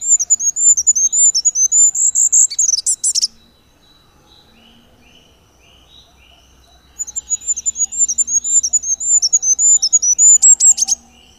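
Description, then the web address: Goldcrest song: two high, thin, fast-repeated note sequences, each rising to a short flourish, separated by a few seconds of quiet with faint bird notes. "agykontroll Madardalok Cd 1. Sárgafejű királyka"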